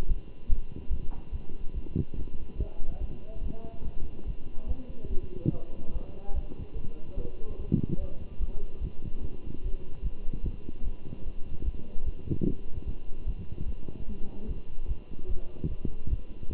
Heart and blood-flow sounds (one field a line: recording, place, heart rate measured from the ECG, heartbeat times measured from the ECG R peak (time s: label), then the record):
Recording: heart sounds by stethoscope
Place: between the tricuspid and mitral areas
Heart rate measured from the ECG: 146 bpm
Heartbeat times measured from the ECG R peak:
0.08 s: heartbeat
0.49 s: heartbeat
0.90 s: heartbeat
1.32 s: heartbeat
1.75 s: heartbeat
2.17 s: heartbeat
2.58 s: heartbeat
3.00 s: heartbeat
3.42 s: heartbeat
3.84 s: heartbeat
4.26 s: heartbeat
4.67 s: heartbeat
5.09 s: heartbeat
5.51 s: heartbeat
5.93 s: heartbeat
6.34 s: heartbeat
6.75 s: heartbeat
7.17 s: heartbeat
7.58 s: heartbeat
8.00 s: heartbeat
8.40 s: heartbeat
8.80 s: heartbeat
9.21 s: heartbeat
9.63 s: heartbeat
10.02 s: heartbeat
10.43 s: heartbeat
10.84 s: heartbeat
11.25 s: heartbeat
11.64 s: heartbeat
12.05 s: heartbeat
12.46 s: heartbeat
12.86 s: heartbeat
13.26 s: heartbeat
13.67 s: heartbeat
14.07 s: heartbeat
14.48 s: heartbeat
14.88 s: heartbeat
15.28 s: heartbeat
15.69 s: heartbeat
16.09 s: heartbeat
16.49 s: heartbeat
From the record:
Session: Bruce protocol treadmill stress test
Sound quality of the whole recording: good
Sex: male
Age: 23 years